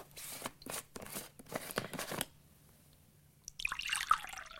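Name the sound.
milk poured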